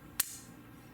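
The blade of a Cold Steel / Demko AD-15 Scorpion Lock folding knife is flicked open, and the lock snaps into place in the handle with a loud, crisp, bright snap at 0.2 s. Low background hum follows, and the blade is locked open.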